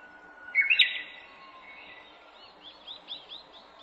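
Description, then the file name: Japanese bush warbler sings a brief whistle and loud slurred flourish, followed by a series of soft, rapid, repeated chip notes from a bird. Recorded 18 April 2008. "uguisu 080418"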